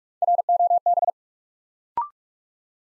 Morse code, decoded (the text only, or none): ROB